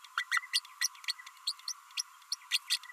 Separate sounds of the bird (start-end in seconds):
0.17-0.24, 0.31-0.41, 0.53-0.60, 0.81-0.88, 1.47-1.52, 1.68-1.73, 1.97-2.02, 2.31-2.35, 2.51-2.58, 2.69-2.77